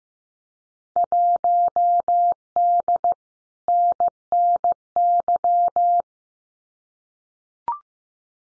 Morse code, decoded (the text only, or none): 1D NNY